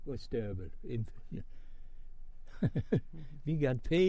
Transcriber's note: laughs